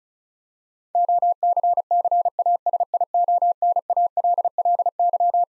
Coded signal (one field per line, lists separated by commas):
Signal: Morse code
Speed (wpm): 34 wpm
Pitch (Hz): 700 Hz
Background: none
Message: OCCASIONALLY